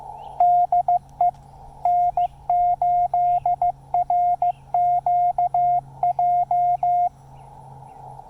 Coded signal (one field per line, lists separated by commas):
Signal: Morse code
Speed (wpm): 16 wpm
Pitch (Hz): 710 Hz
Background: none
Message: DE N8RQJ